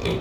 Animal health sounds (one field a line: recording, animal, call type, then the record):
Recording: contact call of a hoofed animal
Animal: pig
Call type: closed-mouth grunt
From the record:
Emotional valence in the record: positive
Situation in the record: food and toys in familiar pen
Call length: 0.22 s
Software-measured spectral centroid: 2230 Hz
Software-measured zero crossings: 1390 a second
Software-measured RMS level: -25 dBFS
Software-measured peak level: -16 dBFS